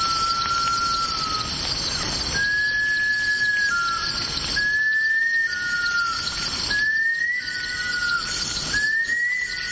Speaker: We have tracked one down. This is the call of the bush stone curlew.